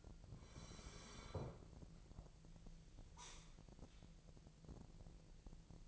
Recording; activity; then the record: daily activity, microphone in the room; sit down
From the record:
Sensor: 5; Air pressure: 1002.0 hPa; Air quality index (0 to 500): 247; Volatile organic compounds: 30 ppm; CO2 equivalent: 2964 ppm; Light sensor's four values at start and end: 40/95/40/43 and 40/95/40/43